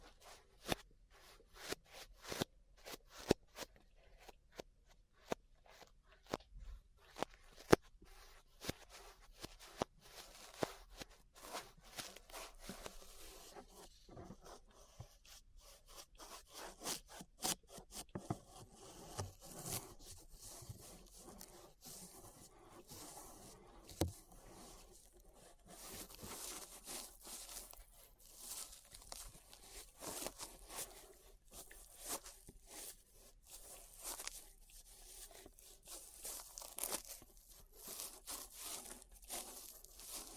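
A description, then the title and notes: Ear brushing, heard as a steady run of quick, crackling brush strokes with sharp clicks and taps scattered throughout. The first half is sparser and snappier; from around 25 seconds the sound turns denser and hissier, a continuous bristly scraping with fewer distinct clicks. ASMR Relaxing 3Dio Ear Brushing (No Talking).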